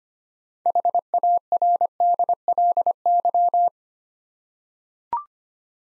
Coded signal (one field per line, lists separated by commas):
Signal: Morse code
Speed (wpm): 25 wpm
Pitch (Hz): 700 Hz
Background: none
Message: HARDLY